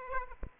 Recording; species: mosquito wingbeat signal from an infrared sensor; Aedes aegypti